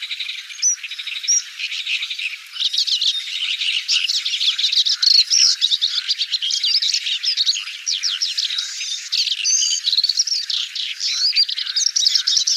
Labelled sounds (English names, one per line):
Paddyfield Warbler song